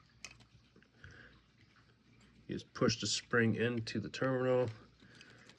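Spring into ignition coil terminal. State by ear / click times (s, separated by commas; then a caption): not seated / none. A new metal spring is being pushed by hand into the terminal of an ignition coil-on-plug for a 5.4 3V coil boot replacement while someone talks. Only faint handling sounds and small taps are heard under the speech. The spring has not seated or clicked into the terminal yet.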